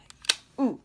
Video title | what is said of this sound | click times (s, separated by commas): MY FIRT VIDEO! Nintendo switch | you hear that click | 0.3 s